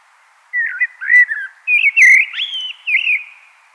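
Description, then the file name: Common blackbird song: a mellow, fluty warble with rising and falling notes, broken by brief high twittering flourishes. "Turdus merula"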